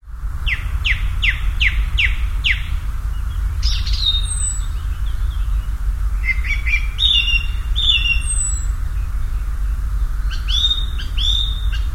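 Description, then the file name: Common nightingale singing: a run of several sharp descending notes, then varied phrases with high thin whistles and rapid trills, over a constant low rumble. "Nachtigall"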